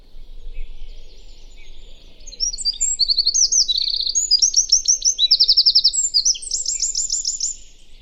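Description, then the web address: Bird song: high, rapid trills and buzzy repeated chirps, several overlapping phrases building in loudness through the middle, with a faint low hum underneath. "cianscape birddata Deverinetal 2025. Bird Only"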